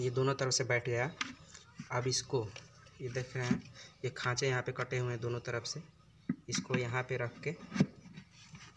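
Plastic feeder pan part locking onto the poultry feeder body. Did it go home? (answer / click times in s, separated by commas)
no / none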